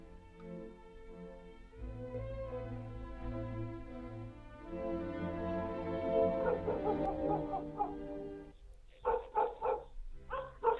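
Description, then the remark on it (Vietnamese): At night, a dog barks and yips at the front of a house in a steady, drawn-out string, with a low rumbling drone underneath, ending in several sharp, louder barks in quick succession. “Tiếng chó sủa nhấm nhằng đầu hè khiến cho anh Mạnh không khỏi khó chịu.”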